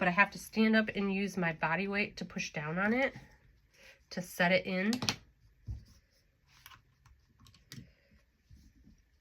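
Someone talks while standing to lean their body weight on a hand-held hole-punch and eyelet-setting tool to set a metal eyelet into a paper tag. After the talking there are quiet handling sounds with a few small sharp ticks near 6.7, 7.5 and 7.7 seconds. The eyelet has not seated or clicked yet when the clip ends.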